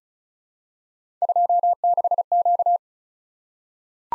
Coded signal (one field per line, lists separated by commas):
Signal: Morse code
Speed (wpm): 36 wpm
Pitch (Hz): 700 Hz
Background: none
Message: 26Q